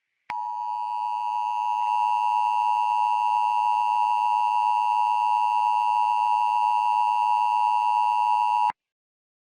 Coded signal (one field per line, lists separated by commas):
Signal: Emergency Alert System (SAME) tones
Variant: 853 and 960 Hz attention tone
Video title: EAS Scenario 9 - Alien Invasion!